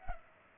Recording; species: mosquito wingbeat signal from an infrared sensor; Culex pipiens